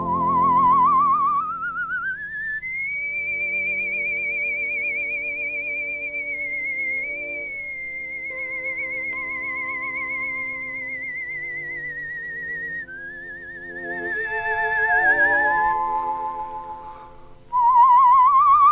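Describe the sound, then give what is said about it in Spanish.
A man whistles a slow, sustained melody with a bright, pure tone and wavering vibrato, gliding between long held notes over soft orchestral accompaniment. “Eso que escuchan es el silbido de ….”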